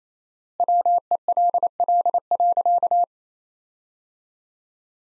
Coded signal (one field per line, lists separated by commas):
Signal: Morse code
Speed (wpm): 28 wpm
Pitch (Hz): 700 Hz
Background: none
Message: WELL.